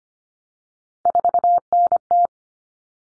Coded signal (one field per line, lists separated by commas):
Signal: Morse code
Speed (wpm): 25 wpm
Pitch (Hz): 700 Hz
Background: none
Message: 4NT